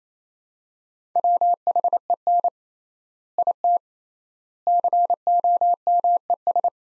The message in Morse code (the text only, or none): WHEN IT COMES